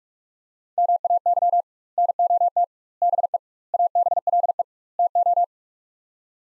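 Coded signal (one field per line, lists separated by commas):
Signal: Morse code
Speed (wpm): 44 wpm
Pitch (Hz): 700 Hz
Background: none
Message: MAY NOT BE ABLE TO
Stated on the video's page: Morse practice of five-word sets sent at 45 WPM with double word spacing, a word-level analogue of Farnsworth spacing, for head-copy training.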